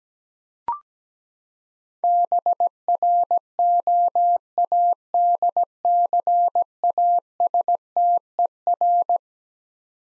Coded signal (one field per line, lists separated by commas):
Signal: Morse code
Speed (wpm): 17 wpm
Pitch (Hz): 700 Hz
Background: none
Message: BROADCASTER